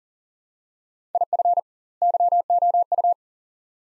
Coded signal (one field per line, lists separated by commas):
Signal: Morse code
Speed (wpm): 38 wpm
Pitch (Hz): 700 Hz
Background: none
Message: IF YOU